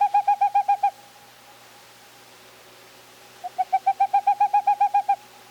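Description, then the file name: Boreal owl song: a fast run of soft, hollow hoots on one pitch, a pause of over two seconds, then a longer run that starts quietly. "1987-01-26 Boreal Owls"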